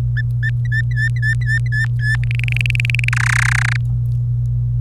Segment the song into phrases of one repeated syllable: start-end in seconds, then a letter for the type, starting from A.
0.16-2.16 A, 2.23-3.09 B, 3.12-3.76 C